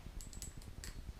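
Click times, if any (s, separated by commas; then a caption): none. The metal buckle of the belly strap on a tree stand fall-protection harness, worn by the wearer, is handled before it is clipped shut. Light, bright metallic ticks and jingles come around 0.2, 0.4 and 0.8 seconds over a low rumble. Nothing has seated or clicked shut yet.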